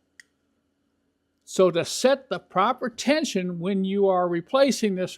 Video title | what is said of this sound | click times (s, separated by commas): OM617 Turbo Diesel Timing Chain Tensioner Installation Procedure. | I push it in a little further, it's going to lock again. | 0.2 s